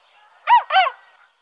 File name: whooper swan